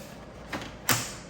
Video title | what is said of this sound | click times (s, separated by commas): Fan Removal & AC Condenser Replacement BMW F10 535i (11-2016) | there we go. You heard the click. We make sure it's aligned. | 0.5 s